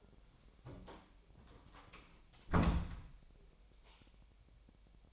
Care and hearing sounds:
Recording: daily activity, microphone in the room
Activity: close door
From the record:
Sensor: 1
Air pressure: 1007.2 hPa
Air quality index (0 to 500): 200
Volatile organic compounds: 20 ppm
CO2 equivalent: 2700 ppm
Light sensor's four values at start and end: 13/33/13/15 and 13/32/13/14

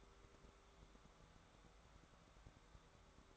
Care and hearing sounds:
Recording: daily activity, microphone in the room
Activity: take from stove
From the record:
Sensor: 3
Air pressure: 1010.3 hPa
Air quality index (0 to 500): 166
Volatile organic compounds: 9 ppm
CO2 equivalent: 2170 ppm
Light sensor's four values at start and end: 49/122/54/60 and 50/123/54/60

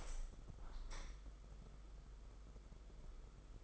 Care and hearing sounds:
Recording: daily activity, microphone in the room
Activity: open window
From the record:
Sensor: 5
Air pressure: 991.4 hPa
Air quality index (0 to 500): 107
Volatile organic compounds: 24 ppm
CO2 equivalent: 2797 ppm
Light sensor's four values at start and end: 39/126/47/51 and 39/126/47/51

